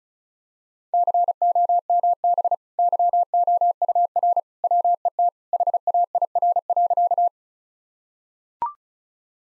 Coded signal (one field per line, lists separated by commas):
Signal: Morse code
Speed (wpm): 34 wpm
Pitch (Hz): 700 Hz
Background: none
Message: COMB YOUR WET HAIR.